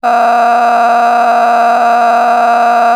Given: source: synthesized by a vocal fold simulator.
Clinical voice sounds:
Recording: sustained vowel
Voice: female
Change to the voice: a random mix of aspiration noise, stiffness perturbation and strain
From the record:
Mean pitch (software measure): 236 Hz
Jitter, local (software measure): 2.51%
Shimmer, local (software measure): 14.5%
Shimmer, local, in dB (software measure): 1.27 dB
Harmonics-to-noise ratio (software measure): 11.2 dB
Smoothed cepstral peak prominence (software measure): 12.8 dB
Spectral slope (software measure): -18.2 dB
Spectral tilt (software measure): -10.3 dB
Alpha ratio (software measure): -8.7 dB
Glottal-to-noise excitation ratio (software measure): 0.935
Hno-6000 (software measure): 2.0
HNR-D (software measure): 29.2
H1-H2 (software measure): -4.5 dB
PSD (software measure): 1.2e-04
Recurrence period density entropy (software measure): 0.117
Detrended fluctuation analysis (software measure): 0.0123

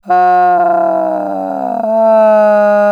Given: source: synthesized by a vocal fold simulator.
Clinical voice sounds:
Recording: sustained vowel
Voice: female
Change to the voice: asymmetry, level 23 of 51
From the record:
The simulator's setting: 3.20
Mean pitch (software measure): 194 Hz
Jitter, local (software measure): 0.98%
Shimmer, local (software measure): 4.1%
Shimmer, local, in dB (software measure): 0.65 dB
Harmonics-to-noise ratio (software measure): 21.9 dB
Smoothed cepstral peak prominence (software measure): 14.6 dB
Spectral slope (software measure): -24.5 dB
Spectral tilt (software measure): -12.2 dB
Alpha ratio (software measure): -15.0 dB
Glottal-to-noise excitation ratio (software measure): 0.933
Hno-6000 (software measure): 2.4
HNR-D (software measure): 29.5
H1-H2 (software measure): 0.2 dB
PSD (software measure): 2.0e-03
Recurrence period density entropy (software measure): 0.113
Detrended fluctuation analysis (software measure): 0.0271

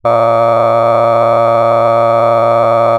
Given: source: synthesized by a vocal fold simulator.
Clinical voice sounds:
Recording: sustained vowel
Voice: male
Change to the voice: cycle-to-cycle stiffness perturbation (roughness), level 8 of 10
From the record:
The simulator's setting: 4.90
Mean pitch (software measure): 115 Hz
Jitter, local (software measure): 2.39%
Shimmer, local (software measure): 9.1%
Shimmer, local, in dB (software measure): 0.77 dB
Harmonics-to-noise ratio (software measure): 12.4 dB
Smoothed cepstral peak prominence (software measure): 17.7 dB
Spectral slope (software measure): -16.9 dB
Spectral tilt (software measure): -12.1 dB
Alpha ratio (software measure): -7.4 dB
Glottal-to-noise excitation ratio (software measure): 0.992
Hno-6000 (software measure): 2.5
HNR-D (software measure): 21.5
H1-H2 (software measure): 4.9 dB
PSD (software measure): 1.7e-04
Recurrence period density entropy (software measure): 0.104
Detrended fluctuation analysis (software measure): 0.0552

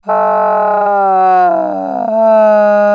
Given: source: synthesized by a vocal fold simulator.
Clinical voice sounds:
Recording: sustained vowel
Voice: female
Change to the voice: asymmetry, level 41 of 51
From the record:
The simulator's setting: 5.00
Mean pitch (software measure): 189 Hz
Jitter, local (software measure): 0.91%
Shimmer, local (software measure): 5.1%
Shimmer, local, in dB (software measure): 0.59 dB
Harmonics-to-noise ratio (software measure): 20.3 dB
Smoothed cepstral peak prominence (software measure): 14.9 dB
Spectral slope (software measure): -22.3 dB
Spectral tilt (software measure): -12.8 dB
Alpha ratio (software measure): -12.7 dB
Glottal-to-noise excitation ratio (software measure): 0.879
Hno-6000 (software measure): 2.7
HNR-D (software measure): 29.1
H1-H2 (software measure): 1.8 dB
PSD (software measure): 1.3e-03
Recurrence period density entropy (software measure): 0.122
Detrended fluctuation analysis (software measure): 0.0233

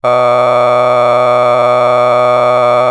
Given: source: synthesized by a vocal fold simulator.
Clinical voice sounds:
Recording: sustained vowel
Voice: male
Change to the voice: a random mix of aspiration noise, stiffness perturbation and strain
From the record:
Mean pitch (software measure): 123 Hz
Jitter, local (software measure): 1.86%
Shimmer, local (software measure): 8.1%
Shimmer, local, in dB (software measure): 0.73 dB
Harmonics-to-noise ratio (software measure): 13.3 dB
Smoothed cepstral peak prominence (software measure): 18.2 dB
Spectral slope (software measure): -14.9 dB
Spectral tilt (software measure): -11.0 dB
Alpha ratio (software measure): -5.4 dB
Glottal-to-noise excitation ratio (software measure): 0.989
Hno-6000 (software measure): 2.1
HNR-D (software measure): 25.8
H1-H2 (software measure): 1.6 dB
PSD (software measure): 1.5e-04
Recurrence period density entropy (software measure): 0.111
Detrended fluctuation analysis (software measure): 0.0325

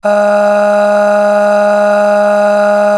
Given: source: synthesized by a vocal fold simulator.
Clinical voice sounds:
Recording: sustained vowel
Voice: female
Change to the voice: aspiration noise (breathiness), level 8 of 10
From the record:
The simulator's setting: 2.24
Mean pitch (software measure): 206 Hz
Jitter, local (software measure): 0.79%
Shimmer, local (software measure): 9.1%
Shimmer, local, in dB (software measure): 0.79 dB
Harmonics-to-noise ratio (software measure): 16.0 dB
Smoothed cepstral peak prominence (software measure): 12.4 dB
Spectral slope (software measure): -21.0 dB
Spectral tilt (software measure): -7.5 dB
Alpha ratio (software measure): -11.5 dB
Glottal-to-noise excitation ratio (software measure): 0.804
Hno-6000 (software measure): 1.9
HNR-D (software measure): 38.0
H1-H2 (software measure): 9.5 dB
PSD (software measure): 3.2e-05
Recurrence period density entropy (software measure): 0.119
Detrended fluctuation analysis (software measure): 0.0276

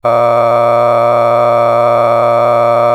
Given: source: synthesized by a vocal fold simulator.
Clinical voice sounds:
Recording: sustained vowel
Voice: male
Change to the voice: a random mix of aspiration noise, stiffness perturbation and strain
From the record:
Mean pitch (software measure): 118 Hz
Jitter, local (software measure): 2.69%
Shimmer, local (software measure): 7.9%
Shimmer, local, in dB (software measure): 0.66 dB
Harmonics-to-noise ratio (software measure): 11.0 dB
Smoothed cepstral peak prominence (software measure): 15.5 dB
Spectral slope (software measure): -16.6 dB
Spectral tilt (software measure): -11.5 dB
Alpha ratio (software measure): -7.1 dB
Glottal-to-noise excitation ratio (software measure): 0.971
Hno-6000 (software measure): 2.2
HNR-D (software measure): 23.2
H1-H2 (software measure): 4.3 dB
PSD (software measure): 1.8e-04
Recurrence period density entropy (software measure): 0.108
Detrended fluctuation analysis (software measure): 0.0450

